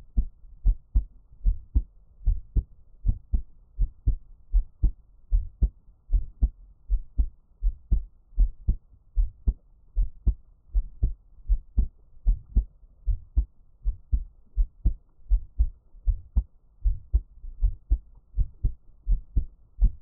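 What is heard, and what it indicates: Steady, regular low thumps come in paired lub-dub beats at about 78 beats a minute, with no other sound and no talking in between. It is a person's own heartbeat heard close up for Taiwanese ASMR listening.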